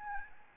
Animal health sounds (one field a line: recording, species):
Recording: mosquito wingbeat signal from an infrared sensor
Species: Aedes albopictus